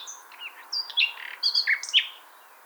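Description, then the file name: Common nightingale song: a continuous varied phrase of high whistles, buzzy slurs and sharp chirps, changing pitch rapidly, over a soft background hiss. "Luscinia megarhynchos"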